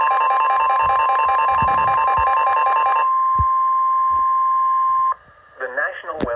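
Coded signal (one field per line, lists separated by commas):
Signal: Emergency Alert System (SAME) tones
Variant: 1050 Hz attention tone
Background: speech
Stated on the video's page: Special Marine Warning for coastal waters, issued by NWS Tampa Bay and received from a NOAA weather radio station in Venice, FL.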